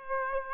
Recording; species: mosquito wingbeat signal from an infrared sensor; Aedes aegypti